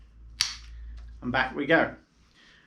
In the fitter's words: so as it comes down we're just going to make sure the little lever at the bottom sticks outwards that'll lock into place